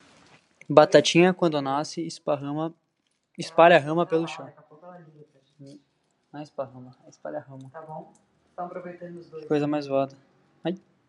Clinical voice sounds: short text; Brazilian Portuguese; male; 20 to 29 years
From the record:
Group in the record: control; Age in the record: 25 years

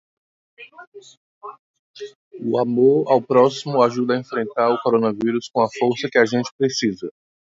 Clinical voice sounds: spoken sentence; Brazilian Portuguese; male; 30 to 39 years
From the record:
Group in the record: control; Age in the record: 39 years

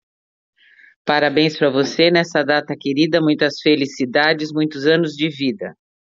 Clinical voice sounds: short text; Brazilian Portuguese; female; 50 to 59 years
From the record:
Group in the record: control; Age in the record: 55 years

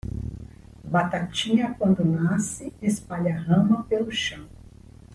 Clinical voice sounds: short text; Brazilian Portuguese; female; 60 to 69 years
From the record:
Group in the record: control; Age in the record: 61 years

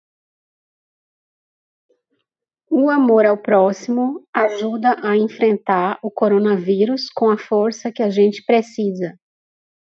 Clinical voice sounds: spoken sentence; Brazilian Portuguese; female; 40 to 49 years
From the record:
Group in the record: control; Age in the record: 44 years

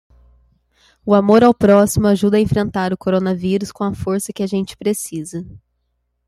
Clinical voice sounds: spoken sentence; Brazilian Portuguese; male; 20 to 29 years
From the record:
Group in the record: control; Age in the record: 24 years

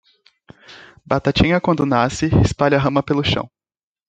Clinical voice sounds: short text; Brazilian Portuguese; male; 18 to 19 years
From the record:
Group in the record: control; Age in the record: 19 years

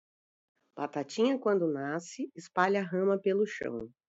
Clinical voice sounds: short text; Brazilian Portuguese; female; 50 to 59 years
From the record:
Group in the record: control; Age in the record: 50 years

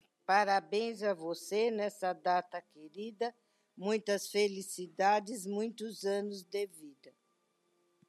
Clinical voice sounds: short text; Brazilian Portuguese; female; 60 to 69 years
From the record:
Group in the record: control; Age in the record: 68 years

